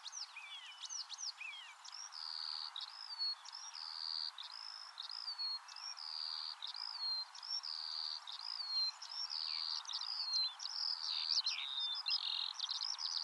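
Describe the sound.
Eurasian skylark song, an unbroken flow of buzzy trills and sliding whistles repeated in quick succession, with faint background hiss.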